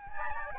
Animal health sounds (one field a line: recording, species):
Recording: mosquito wingbeat signal from an infrared sensor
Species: Aedes albopictus